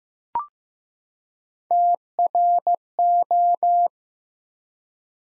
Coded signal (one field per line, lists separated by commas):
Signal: Morse code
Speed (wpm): 15 wpm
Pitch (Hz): 700 Hz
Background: none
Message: TRO